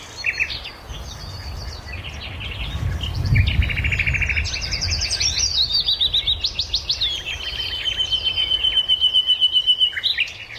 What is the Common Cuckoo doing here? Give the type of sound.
call